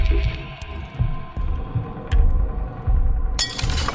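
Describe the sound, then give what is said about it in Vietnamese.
A low, throbbing rumble builds with a few dull knocks, then a sudden bright crash of a precious bowl shattering bursts out near the end and keeps ringing with scattered crackle. “Tiếng động mạnh vang lên. Chiếc bát quý của lão phú hộ Ninh đã vỡ tan tành.”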